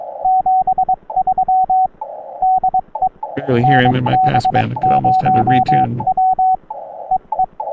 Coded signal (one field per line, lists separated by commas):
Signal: Morse code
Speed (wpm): 22 wpm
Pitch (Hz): 750 Hz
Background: speech, radio noise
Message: 73 DE NB0W EE